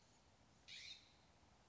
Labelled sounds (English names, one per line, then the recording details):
California Scrub-Jay
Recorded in Sonoma County, California